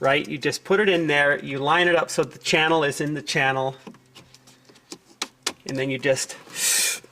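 Someone talks while lining up an air conditioning vent with the wide channel in its metal ring in a Ferrari 360/430/Enzo dashboard. Light handling taps follow from about 4.2 s, with two sharper knocks near 5.2 s and 5.5 s, before brief talking and a soft hiss at the end. The vent has not yet been pushed home, and nothing has seated or clicked yet.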